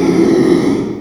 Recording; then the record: squeal of a Yucatan mini pig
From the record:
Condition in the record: after surgery on the right vocal fold (resection and tissue-engineered implant); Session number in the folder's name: 1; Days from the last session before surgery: 6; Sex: male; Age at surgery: 12 weeks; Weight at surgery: 13 kg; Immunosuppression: cyclosporine, prednisolone